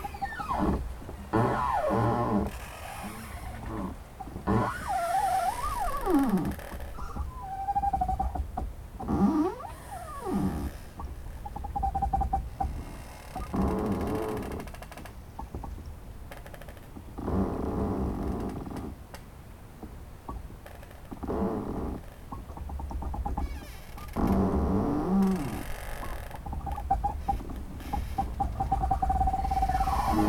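Trees creak in the wind, giving long squeaky groans that bend up and down in pitch, some almost like a meow, every few seconds. A low, gusty wind rumbles underneath the whole time, swelling and easing, with a few dull knocks.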